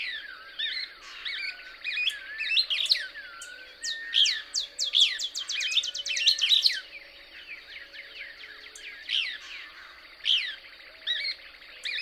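Couch's Kingbird twittering, long excited stream of quick chirps and rapid stuttering notes, tapering into scattered single calls later.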